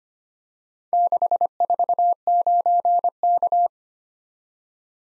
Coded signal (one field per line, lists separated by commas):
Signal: Morse code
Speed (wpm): 25 wpm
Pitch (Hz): 700 Hz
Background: none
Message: 649K